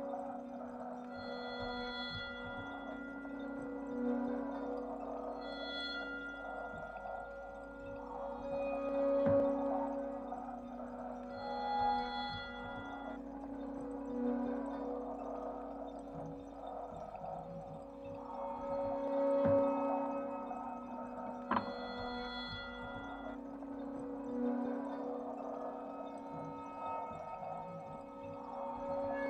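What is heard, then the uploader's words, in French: Everyday objects turned into invented instruments ring out in long, overlapping metallic tones, like a bowl or gong left to sing. Fresh strikes arrive every few seconds, each adding a brighter ring, while a low steady hum sits underneath throughout. Objet usuels détournés de lutherie inventée ou de matériaux naturelles. La manipulation des objets, des matières.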